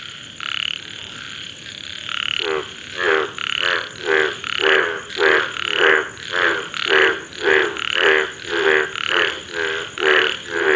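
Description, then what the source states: Indian bullfrog calling, a rapid series of loud, throaty croaks in a fairly steady rhythm. Mating call, India; bright lemon yellow frogs inflate a deep navy blue to dark purple neck when calling, sending ripples across the water surface.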